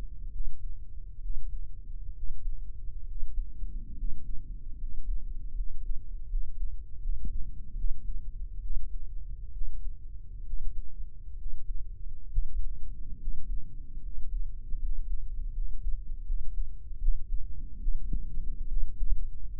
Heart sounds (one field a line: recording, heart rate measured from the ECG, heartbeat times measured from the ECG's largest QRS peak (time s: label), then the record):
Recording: heart sounds by microphone in the right ear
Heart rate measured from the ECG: 72 bpm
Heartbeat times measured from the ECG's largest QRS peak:
0.29 s: heartbeat
1.19 s: heartbeat
2.12 s: heartbeat
3.04 s: heartbeat
3.93 s: heartbeat
4.76 s: heartbeat
5.53 s: heartbeat
6.26 s: heartbeat
6.98 s: heartbeat
7.73 s: heartbeat
8.59 s: heartbeat
9.50 s: heartbeat
10.42 s: heartbeat
11.35 s: heartbeat
12.27 s: heartbeat
13.16 s: heartbeat
13.99 s: heartbeat
14.76 s: heartbeat
15.51 s: heartbeat
16.23 s: heartbeat
16.97 s: heartbeat
17.77 s: heartbeat
18.65 s: heartbeat
19.55 s: heartbeat
From the record:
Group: healthy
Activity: cold pressor test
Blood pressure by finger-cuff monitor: 130/76 mmHg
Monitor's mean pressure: 90 mmHg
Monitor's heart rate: 71 bpm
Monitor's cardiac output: 7.6 L/min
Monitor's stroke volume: 108 mL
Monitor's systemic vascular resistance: 860 dyn s/cm5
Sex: male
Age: 23 years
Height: 178 cm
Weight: 96.6 kg